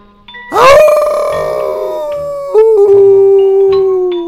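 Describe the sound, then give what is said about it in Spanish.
A person imitates a lone wolf howl: one long, loud, tonal cry that swoops down from a high start, then holds a steady, slightly wavering pitch for about four seconds. “Pero es que mi alma me incita a aullar como lobo solitario que busca una manada.”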